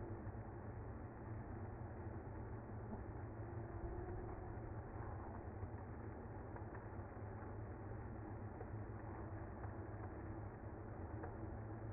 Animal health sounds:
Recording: honeybee colony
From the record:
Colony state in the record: active

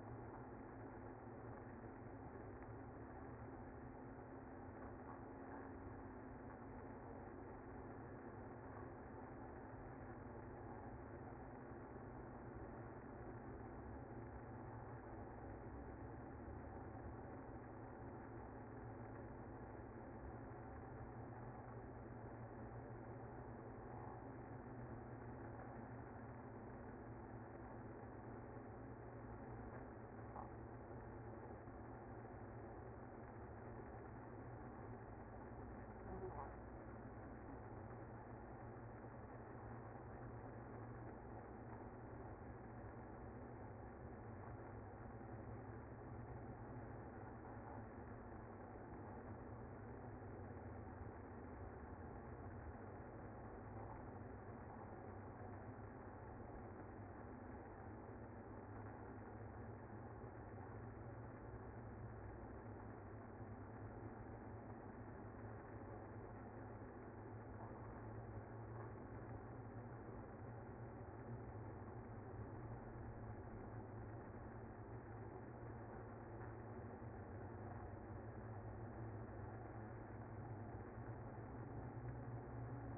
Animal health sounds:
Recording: honeybee colony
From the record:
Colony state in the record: active

